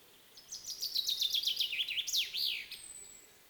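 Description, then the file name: Common chaffinch song: a run of bright downslurred notes, descending in pitch and ending with a sharp emphatic flourish. "Fringilla coelebs"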